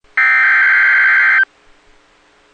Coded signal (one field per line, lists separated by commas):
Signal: Emergency Alert System (SAME) tones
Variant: header bursts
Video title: Severe Thunderstorm Warning EAS Wright Meeker Mcleod Carver County Minnesota Until 8:15 PM 7 13 23 N